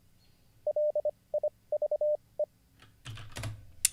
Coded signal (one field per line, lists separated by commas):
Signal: Morse code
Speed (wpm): 24 wpm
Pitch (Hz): 600 Hz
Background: none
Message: LIVE